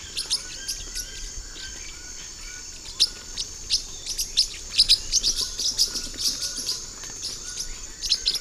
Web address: Natures Songs S America Eastern Lowlands Forpus xanthopterygius, calls